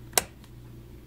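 A retaining part is pressed by hand into a Kwikset door deadbolt cylinder during rekeying and press-fits home. A single sharp snap is heard at 0.2 s, with faint ticks just before and after it. The part is seated.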